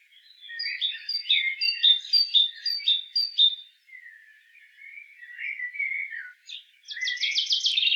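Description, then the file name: Great tit calls: a quick series of high ringing notes, a pause of low scratchy chatter, then a fast rattling burst of clipped notes at the end. "Parus major"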